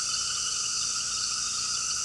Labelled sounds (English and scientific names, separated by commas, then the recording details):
none
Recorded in pastures near Puerto Asís, Putumayo, Colombia, on 18 February 2024 at 18:30
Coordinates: 0.466, -76.323
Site G6384